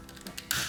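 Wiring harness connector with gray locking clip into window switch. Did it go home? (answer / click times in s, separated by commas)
yes / 0.5 s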